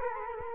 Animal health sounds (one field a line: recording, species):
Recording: mosquito wingbeat signal from an infrared sensor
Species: Culex quinquefasciatus